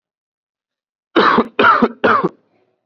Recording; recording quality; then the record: heavy voluntary cough; excellent, no background noise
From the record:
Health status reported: COVID-19 positive, mild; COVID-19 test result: positive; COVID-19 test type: RT-PCR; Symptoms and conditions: cough, fever, fatigue, muscle pain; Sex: male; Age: 20 years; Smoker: no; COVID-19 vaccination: one dose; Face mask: worn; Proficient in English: yes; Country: India